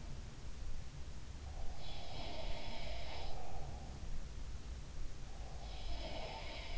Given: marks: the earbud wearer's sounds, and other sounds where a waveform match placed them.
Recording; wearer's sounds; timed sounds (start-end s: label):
sounds in sleep by an in-ear microphone; breath
1.43-4.08 s: breath
2.01-3.33 s: sound from someone else or the room
5.89-6.78 s: sound from someone else or the room